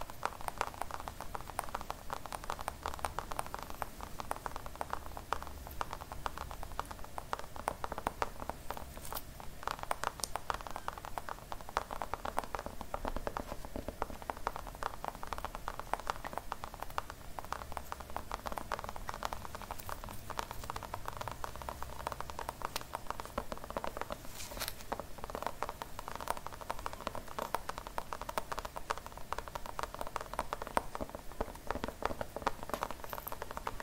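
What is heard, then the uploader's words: A scalp massage with steady scratching and brushing runs through the whole clip as a dense, scratchy rustle. Quick clicks and crackles come constantly, with slightly stronger bursts around 10 and 24 seconds, over a faint low rumble. The Most Relaxing Hairline Treatment ASMR scalp massage, scratching, brushing.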